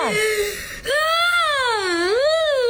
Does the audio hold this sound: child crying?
yes